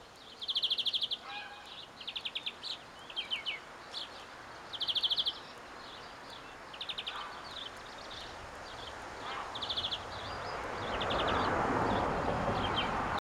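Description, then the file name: European greenfinch song: short rapid trills of high buzzy notes repeated in bursts, over steady background noise that grows louder toward the end. "Chloris chloris"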